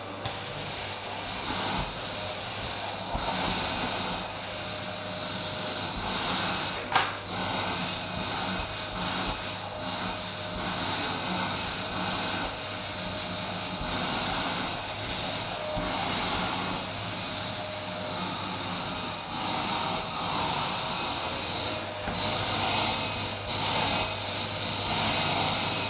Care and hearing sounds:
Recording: daily activity, microphone in the room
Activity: vacuum cleaning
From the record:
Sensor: 2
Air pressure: 990.9 hPa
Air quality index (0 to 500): 135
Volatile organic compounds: 177 ppm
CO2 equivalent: 4132 ppm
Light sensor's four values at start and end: 20/48/19/19 and 21/50/20/20

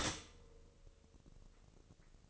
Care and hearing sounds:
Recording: daily activity, microphone in the room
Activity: stop toaster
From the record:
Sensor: 4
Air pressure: 1008.1 hPa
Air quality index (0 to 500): 107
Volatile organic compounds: 1 ppm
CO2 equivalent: 788 ppm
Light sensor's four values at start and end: 9/21/8/9 and 10/21/9/9

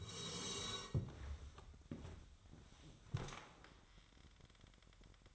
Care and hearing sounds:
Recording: daily activity, microphone in the room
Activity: sit down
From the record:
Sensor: 3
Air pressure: 1000.4 hPa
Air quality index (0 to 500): 168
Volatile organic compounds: 3 ppm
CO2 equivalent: 1470 ppm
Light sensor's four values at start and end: 14/33/14/15 and 14/32/14/14

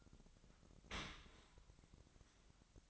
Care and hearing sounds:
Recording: daily activity, microphone in the room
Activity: open dishwasher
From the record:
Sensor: 3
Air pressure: 1003.0 hPa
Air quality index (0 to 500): 195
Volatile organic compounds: 6 ppm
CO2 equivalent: 1907 ppm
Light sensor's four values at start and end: 22/55/23/25 and 23/56/24/25

